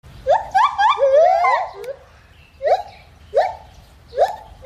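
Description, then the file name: Gibbon calls, a run of rising whoops climbing into a wavering, quavering peak, then several separate upswept hoots over low background rumble. "長臂猿"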